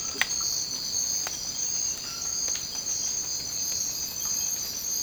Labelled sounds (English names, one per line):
none